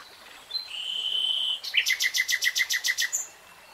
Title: Tiếng chim hót Nightingale Singing